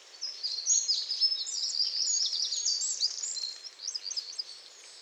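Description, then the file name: Eurasian wren pouring out a fast, continuous, high-pitched warbling trill for several seconds, busy and jumbled, with a soft hiss behind it. "Troglodytes troglodytes"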